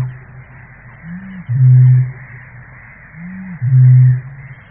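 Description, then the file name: Eurasian bittern booming: two deep, hollow booms about two seconds apart, each preceded by a short, softer intake note. "Bukač-velký"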